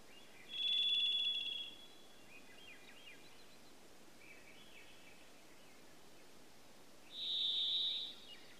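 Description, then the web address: Varied thrush singing two drawn-out, buzzy, ringing whistles several seconds apart, the second slightly higher. Denali, Alaska, 10 June 2026, about 00:53. "BIRDS DENATRLA 20260610 005302 Varied"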